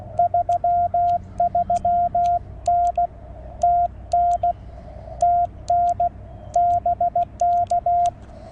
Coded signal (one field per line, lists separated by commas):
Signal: Morse code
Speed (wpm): 17 wpm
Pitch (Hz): 700 Hz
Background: radio noise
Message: 33N TN TN BK